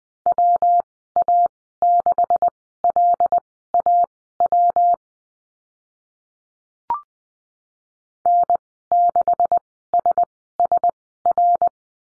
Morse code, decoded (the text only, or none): WA6LAW N6SSR